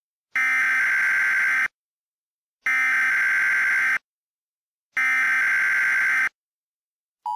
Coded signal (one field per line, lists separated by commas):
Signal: Emergency Alert System (SAME) tones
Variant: header bursts